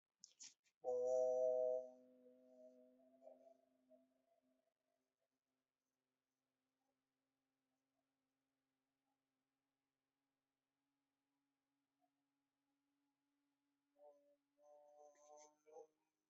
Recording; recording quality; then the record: sustained vowel as in boot; moderate, slight background noise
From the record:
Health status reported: healthy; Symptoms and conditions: sore throat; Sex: male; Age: 27 years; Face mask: not worn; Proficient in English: yes